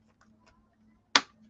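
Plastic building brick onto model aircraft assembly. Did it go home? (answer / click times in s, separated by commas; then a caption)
yes / 1.2 s. A plastic building brick that was not properly connected is pressed onto a Lesdiy MOC 121573 F-14 Tomcat model aircraft assembly, with a few faint soft ticks from handling before it. A loud, sharp click at 1.2 s marks the brick seating into place.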